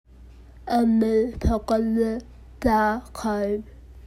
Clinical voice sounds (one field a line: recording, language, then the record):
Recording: elicited speech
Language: Bengali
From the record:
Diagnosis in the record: Broca's or global aphasia after a stroke